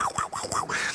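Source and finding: Adult imitating with voice. Fetal heartbeat on ultrasound (vocal imitation).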